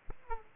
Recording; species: mosquito wingbeat signal from an infrared sensor; Aedes aegypti